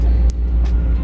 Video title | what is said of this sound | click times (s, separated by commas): How to Retrofit BMW G8X illuminated seat badges into your F8X M3/M4 | letting you know that they are in place so you're going to hear one click right there and then you're going to push it again hear another click | 0.3 s